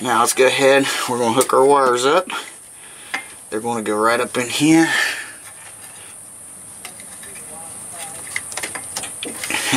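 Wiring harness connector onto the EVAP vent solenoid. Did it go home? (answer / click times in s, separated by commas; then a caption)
yes / 8.4 s. Someone talks while a wiring harness connector is pushed up onto the EVAP vent valve solenoid of a 2003 Chevy Suburban LT 1500. After some quieter handling noises, the connector clips in with a sharp click at 8.4 s, followed by a few more small clicks and taps.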